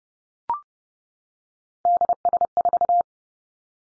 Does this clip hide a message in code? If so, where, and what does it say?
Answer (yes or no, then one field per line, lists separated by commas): yes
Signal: Morse code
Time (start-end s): 1.9-3.0 s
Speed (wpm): 30 wpm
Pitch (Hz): 700 Hz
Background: none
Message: DS4